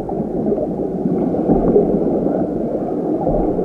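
Muffled underwater bubbling and gurgling in a swimming pool as someone swims laps, a dense, low-pitched churning that runs steadily for the whole stretch with no voices and no sharp highs.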